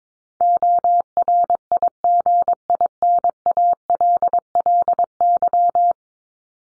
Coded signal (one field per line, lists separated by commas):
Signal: Morse code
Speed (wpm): 22 wpm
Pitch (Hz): 700 Hz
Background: none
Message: ORIGINALLY